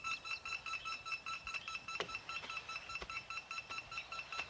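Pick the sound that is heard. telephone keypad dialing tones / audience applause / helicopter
telephone keypad dialing tones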